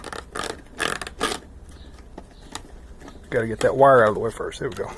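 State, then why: Not seated. A fuel sending unit for a 1997 Nissan Altima is handled toward its mounting rail and shelf on the pump housing in the gas tank, with a wire being moved out of the way first. Short bursts of scraping and handling noise come in the first 1.4 seconds, a single sharp tick at about 2.6 seconds, and then someone talks. Nothing has seated or snapped into place yet.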